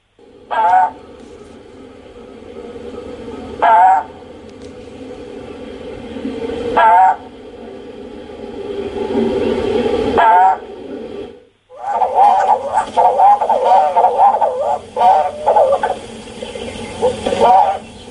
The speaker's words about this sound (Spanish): Se escucha este sonido. Así suenan los pájaros sagrados en de los mayas, los Mot Mot.